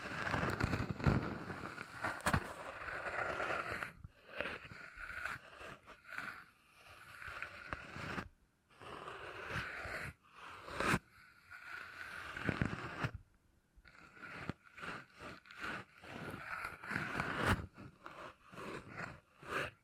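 Beeswax being pressed and scraped in a steady run of sticky, crackling rubs, broken by brief silences near four, eight and thirteen seconds.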